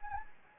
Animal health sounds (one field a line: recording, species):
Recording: mosquito wingbeat signal from an infrared sensor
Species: Anopheles gambiae